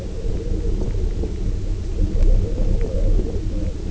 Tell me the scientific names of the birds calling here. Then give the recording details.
none. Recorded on Arctic tundra, site UTQI-0, on 19 June 2018. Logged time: 22:00